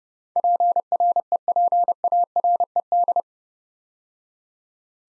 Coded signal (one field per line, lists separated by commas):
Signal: Morse code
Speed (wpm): 30 wpm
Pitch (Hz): 700 Hz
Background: none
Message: PREPARED